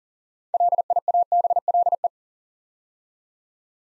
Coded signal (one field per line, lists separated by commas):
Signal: Morse code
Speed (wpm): 38 wpm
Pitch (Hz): 700 Hz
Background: none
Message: LIABLE